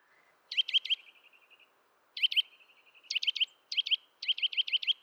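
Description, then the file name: Eurasian nuthatch uttering rapid clusters of sharp high notes, some followed by a faint trailing tone, the bursts coming closer together toward the end. "Sitta europaea"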